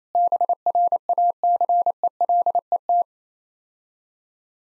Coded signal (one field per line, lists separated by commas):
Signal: Morse code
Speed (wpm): 27 wpm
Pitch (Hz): 700 Hz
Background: none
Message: BRACELET